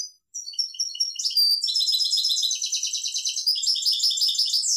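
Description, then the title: European goldfinch song, a fast twittering run of high tinkling notes and buzzy trills that grows denser after the first second and continues to the end. "Chant Chardonneret"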